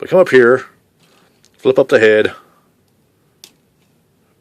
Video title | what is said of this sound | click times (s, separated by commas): Video Review Of The 2013 Transformers Generations Deluxe HOIST | until it snaps into place then rotate it | 3.4 s